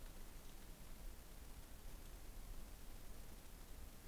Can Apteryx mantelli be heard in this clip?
no